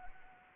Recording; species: mosquito wingbeat signal from an infrared sensor; Anopheles arabiensis